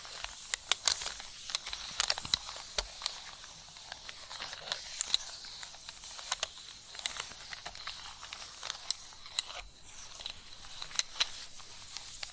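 Chalk scratching and tapping: a steady high hiss of dry scraping, broken by frequent sharp clicks and taps at irregular moments throughout.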